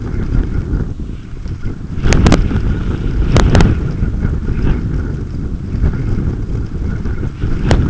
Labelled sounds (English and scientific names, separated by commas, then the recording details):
none
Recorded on Arctic tundra, site UTQI-5, on 28 June 2018
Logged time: 00:00